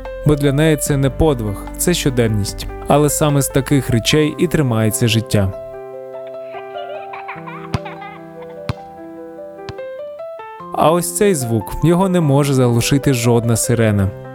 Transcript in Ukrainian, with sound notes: Бо для неї це не подвиг — це щоденність. Але саме з таких речей і тримається життя. [ЗВУК: дитячий сміх, біг, м’яч] А ось цей звук… його не зможе заглушити жодна сирена.